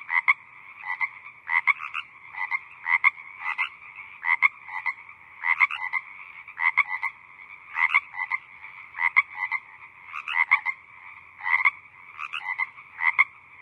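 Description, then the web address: Frog chorus of rapid croaks, brief rattling notes repeated in loose groups against a constant background of calling. Small group of frogs croaking in the evening. "evening frog ambience small group croaking"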